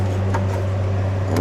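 A boost pipe quick coupling on a Mercedes CLA250 (7G-DCT) is pressed further onto its turbo/intercooler pipe fitting to make sure it is fully home, since the pipe runs under boost pressure. A single sharp click comes at 0.4 s over a steady low hum. The coupling is fully seated.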